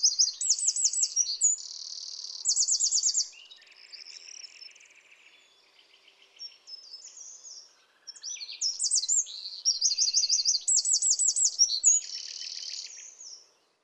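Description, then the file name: Eurasian wren song: explosive, very high trills and rattles in quick succession, a softer twittering stretch, then another loud trilling burst. "Troglodytes troglodytes"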